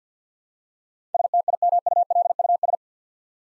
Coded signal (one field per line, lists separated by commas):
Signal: Morse code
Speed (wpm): 53 wpm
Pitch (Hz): 700 Hz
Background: none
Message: STIMULUS